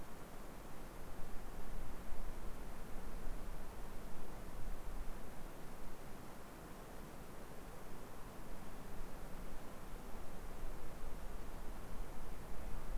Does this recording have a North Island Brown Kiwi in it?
no